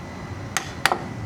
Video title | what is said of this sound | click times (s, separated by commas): FIRST TIME NAG DIY NG CVT - Honda ADV 160 | Yun, may click na. | 0.9 s